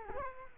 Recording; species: mosquito wingbeat signal from an infrared sensor; Culex quinquefasciatus